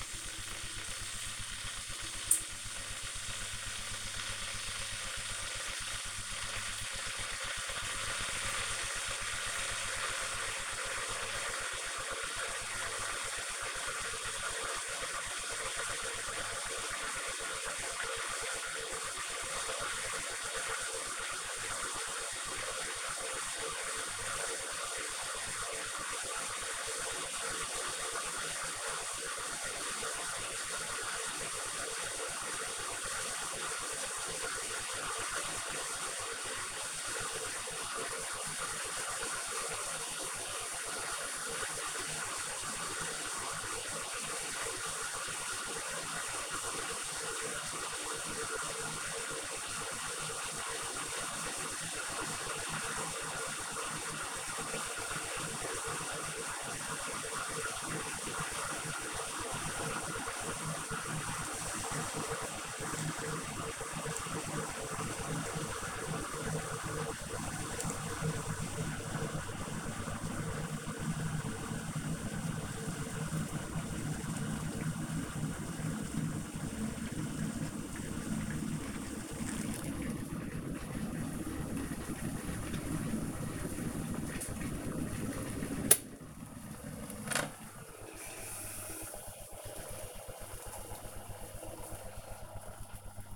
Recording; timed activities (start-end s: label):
household activities, microphone on the right wrist
0.00-93.36 s: making tea